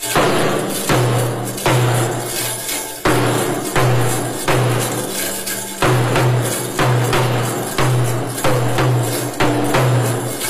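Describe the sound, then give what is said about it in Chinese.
A round-drum beat pattern played on a Jingxi Taiping drum from western Beijing: loud, repeated thumping strikes in a steady, driving rhythm, each hit carrying a bright metallic jingle of the drum's shaken rings, with no voices. “这个是大山鼓点，这个是圆鼓点。”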